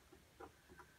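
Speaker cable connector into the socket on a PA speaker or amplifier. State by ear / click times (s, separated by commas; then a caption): not seated / none. A speaker cable connector is wiggled into the socket on the right side of a Wharfedale SVP-X 15 PA speaker or Citronic PPX 300 PA amplifier, with soft handling knocks around 0.1 s, 0.4 s and 0.8 s. Nothing has seated or clicked yet.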